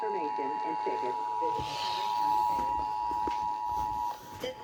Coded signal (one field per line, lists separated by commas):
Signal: Emergency Alert System (SAME) tones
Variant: 853 and 960 Hz attention tone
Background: speech